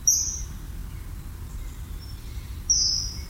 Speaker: évidemment, un oiseau qui est omniprésent, c'est le martin pêcheur qu'on voit passer régulièrement devant nous en poussant son cri strident.